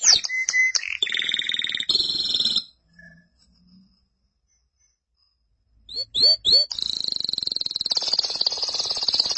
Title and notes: BM Suara Kenari. BM Suara Burung Kenari